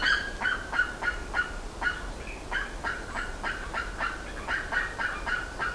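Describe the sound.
A bird repeats coarse clucking yelps in an uneven run. A steady hiss lies underneath.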